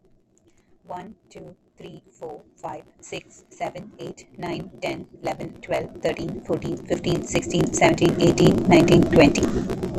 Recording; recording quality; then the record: counting at a normal pace; excellent, no background noise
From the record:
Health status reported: healthy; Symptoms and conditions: none ticked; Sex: female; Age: 33 years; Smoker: not ticked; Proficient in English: yes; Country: India